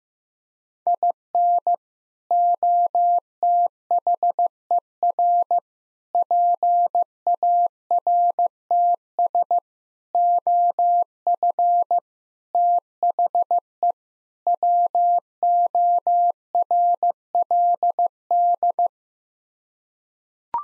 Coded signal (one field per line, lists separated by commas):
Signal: Morse code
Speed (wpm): 16 wpm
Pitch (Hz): 700 Hz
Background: none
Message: IN OTHER PARTS OF THE WORLD